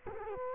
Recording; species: mosquito wingbeat signal from an infrared sensor; Culex quinquefasciatus